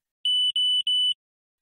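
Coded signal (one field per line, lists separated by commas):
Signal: beep code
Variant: iCare HOME tonometer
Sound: three long high-pitched beeps in quick succession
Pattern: 3 long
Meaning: Three long beeps mean the device is too far from the eye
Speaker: you hear three long beeps the device is too far from the I adjust the forehead and cheek supports to make them shorter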